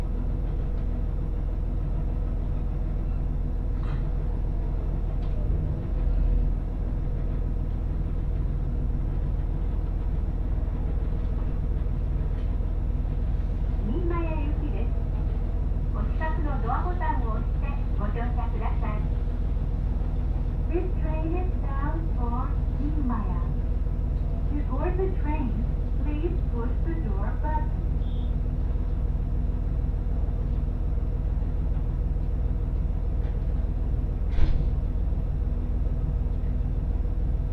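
Inside a single-car GV-E400 hybrid train on the Tsugaru Line, a low steady rumble and hum fill the whole recording with no change in level. From about 14 to 28 seconds a voice speaks in short phrases, and a sharp click sounds near 34 seconds.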